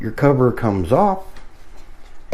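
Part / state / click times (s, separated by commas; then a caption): plastic phone holder clip into the top of a drone remote controller / seated / 2.3 s. A plastic phone holder clip is pressed into the top of a DEERC D23 mini-drone remote controller. Someone talks over faint rustling, then a sharp click at 2.3 s marks the holder snapping into place and seating.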